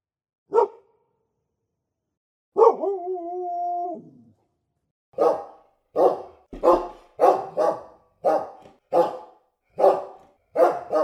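Dog barking: a single bark, a drawn-out howling whine, then a steady run of sharp barks about every half to one second.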